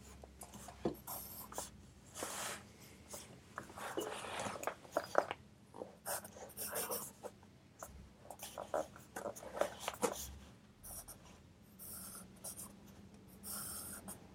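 A pencil scratches across paper while someone studies, in short irregular bursts of bright, dry strokes with brief pauses between them. A steady low hum runs underneath, and a few soft thumps and taps land around the eighth and tenth seconds.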